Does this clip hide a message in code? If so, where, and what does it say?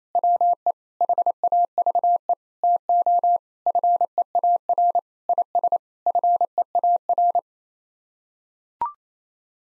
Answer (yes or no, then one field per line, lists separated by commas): yes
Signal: Morse code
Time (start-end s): 0.1-7.4 s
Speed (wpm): 28 wpm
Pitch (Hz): 700 Hz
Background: none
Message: WE HAVE TO FEAR IS FEAR